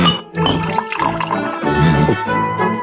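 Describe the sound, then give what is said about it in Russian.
Water is poured into a glass in one continuous, splashy stream lasting about three seconds, its pitch climbing steadily as the glass fills. No voices are heard. “Дай-ка воды.”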